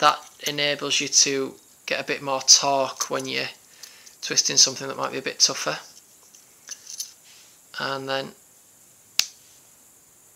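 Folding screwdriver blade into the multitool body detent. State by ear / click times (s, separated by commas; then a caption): seated / 9.2 s. On a Victorinox Cybertool 34 pocket multitool, the folding screwdriver is swung open until it snaps into its detent at 180 degrees. Someone talks through the first part of the clip, a few small handling clicks follow around 6.4–7.0 s, and a single sharp snap at 9.2 s marks the screwdriver seating in place.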